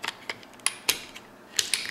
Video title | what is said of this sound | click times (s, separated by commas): Shooting USFA Zip22 - Range Day Full Video (1st Impressions) | you can kind of hear it snap into there a little bit okay pulling on it you feel it's secure | 0.7 s, 1.6 s